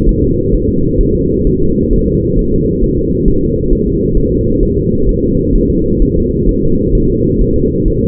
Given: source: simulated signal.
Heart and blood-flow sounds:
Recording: fetal heart sounds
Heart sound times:
0.09 s: S1
0.24 s: S2
0.55 s: S1
0.69 s: S2
1.01 s: S1
1.15 s: S2
1.47 s: S1
1.62 s: S2
1.93 s: S1
2.08 s: S2
2.39 s: S1
2.54 s: S2
2.84 s: S1
2.99 s: S2
3.28 s: S1
3.43 s: S2
3.73 s: S1
3.87 s: S2
4.17 s: S1
4.32 s: S2
4.63 s: S1
4.78 s: S2
5.09 s: S1
5.24 s: S2
5.56 s: S1
5.70 s: S2
6.02 s: S1
6.17 s: S2
6.49 s: S1
6.63 s: S2
6.95 s: S1
7.10 s: S2
7.41 s: S1
7.56 s: S2
7.88 s: S1
8.03 s: S2
From the record:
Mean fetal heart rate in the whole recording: 130 bpm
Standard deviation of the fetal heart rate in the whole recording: 4 bpm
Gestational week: 38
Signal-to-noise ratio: -15.3 dB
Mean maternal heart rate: 72 bpm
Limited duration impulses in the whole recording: present

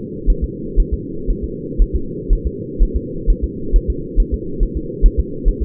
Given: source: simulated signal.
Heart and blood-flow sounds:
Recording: fetal heart sounds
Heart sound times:
0.30 s: S1
0.44 s: S2
0.80 s: S1
0.94 s: S2
1.30 s: S1
1.44 s: S2
1.82 s: S1
1.96 s: S2
2.33 s: S1
2.47 s: S2
2.83 s: S1
2.97 s: S2
3.30 s: S1
3.44 s: S2
3.76 s: S1
3.90 s: S2
4.20 s: S1
4.34 s: S2
4.63 s: S1
4.77 s: S2
5.06 s: S1
5.20 s: S2
5.48 s: S1
5.62 s: S2
From the record:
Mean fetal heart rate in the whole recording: 130 bpm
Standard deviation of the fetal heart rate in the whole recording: 4 bpm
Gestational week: 38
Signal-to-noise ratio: -4.3 dB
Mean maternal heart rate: 72 bpm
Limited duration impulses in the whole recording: absent

